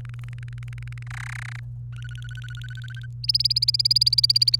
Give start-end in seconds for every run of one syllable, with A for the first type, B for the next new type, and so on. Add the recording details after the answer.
0.01-1.03 A, 1.06-1.59 B, 1.92-3.06 C, 3.24-4.56 D. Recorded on 28 April 2018 at 14:45. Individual llb3